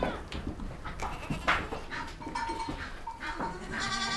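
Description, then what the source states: Goats bleating in a busy mix of overlapping calls, one sharp cry standing out among clatter and shuffling sounds. Goats recorded in a goat stable.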